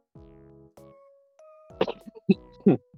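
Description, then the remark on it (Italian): A short coughing fit: a few strained, voiced throaty sounds give way to three or four harsh, loud coughs in quick, uneven succession. “Scusate, tossendo da matti.”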